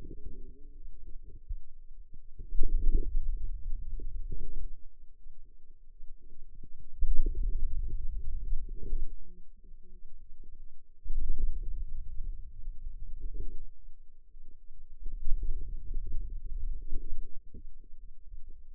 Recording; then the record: forearm muscle sounds (acoustic myography)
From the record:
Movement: hand opening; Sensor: system 2, bracelet of six BSWA MPA416 microphones around the upper forearm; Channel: 5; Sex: female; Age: 21 years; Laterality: right